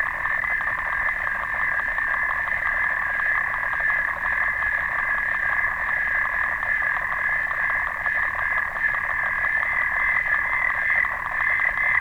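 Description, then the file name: Clawed frog emitting an unbroken, evenly loud stream of fast clicks, forming a steady buzzing rattle from start to finish. "xenopus"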